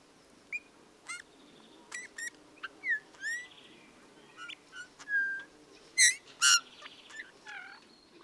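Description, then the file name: Bullfinch song of quiet scattered notes: thin rising and falling whistles, short ticks and a couple of louder piping notes near the end. "suara bullfinch omkicau"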